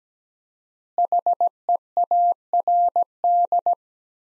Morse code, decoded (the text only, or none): HEARD